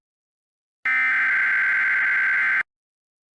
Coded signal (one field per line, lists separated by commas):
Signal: Emergency Alert System (SAME) tones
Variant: header bursts